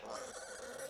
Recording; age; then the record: pig call; piglet (1 to 25 days)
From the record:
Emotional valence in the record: negative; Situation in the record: short isolation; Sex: female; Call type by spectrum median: low-frequency call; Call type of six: mixed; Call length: 0.90 s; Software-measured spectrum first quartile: 726 Hz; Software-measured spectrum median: 1734 Hz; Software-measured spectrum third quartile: 6389 Hz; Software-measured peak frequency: 518 Hz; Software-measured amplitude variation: 137 dB a second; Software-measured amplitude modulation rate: 27.2 a second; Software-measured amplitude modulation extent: 5.0 dB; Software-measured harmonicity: 2.7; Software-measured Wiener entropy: -2.16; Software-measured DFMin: 961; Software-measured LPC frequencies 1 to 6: 600, 1388, 3280, 4450, 5857, 6812 Hz